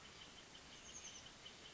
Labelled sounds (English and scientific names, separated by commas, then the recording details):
Oak Titmouse (Baeolophus inornatus)
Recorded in Sonoma County, California